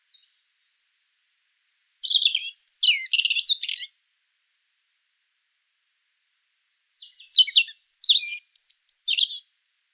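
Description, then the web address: European Robin singing two jangling, high-pitched phrases of whistles and fast trills, separated by a quiet gap of a few seconds. "erithacus rubecula call"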